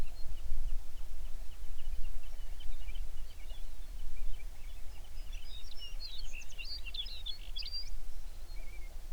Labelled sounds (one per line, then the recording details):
songbird
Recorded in the Prudhoe Bay oil fields, Alaska, on 11 June 2019 at 05:22
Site 21